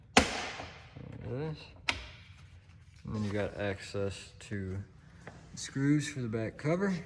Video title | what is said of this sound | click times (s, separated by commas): The Forge Motorsports shifter is so much better! | basically we're going to pop that off and get a nice satisfying click out of it once it goes like | 0.2 s